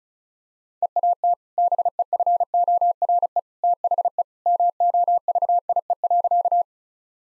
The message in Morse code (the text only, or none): EAT BEFORE THE MOVIE.